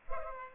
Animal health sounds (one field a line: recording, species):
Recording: mosquito wingbeat signal from an infrared sensor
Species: Culex pipiens